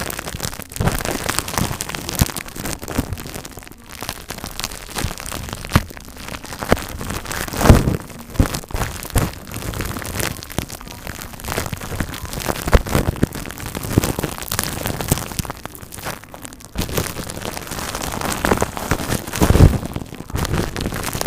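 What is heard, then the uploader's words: Bubble wrap crinkles and crackles almost without pause, a dense run of sharp pops with louder snaps near 8 and 19.5 seconds. Brain massage (bubble wrap, crinkle sounds, no talking).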